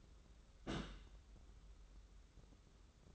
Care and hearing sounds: daily activity, microphone in the room; place on stove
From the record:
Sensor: 3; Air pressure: 994.4 hPa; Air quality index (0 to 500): 212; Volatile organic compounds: 1000 ppm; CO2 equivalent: 7069 ppm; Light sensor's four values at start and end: 200/481/202/201 and 200/481/202/201

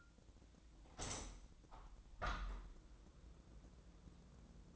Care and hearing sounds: daily activity, microphone in the room; open window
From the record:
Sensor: 3

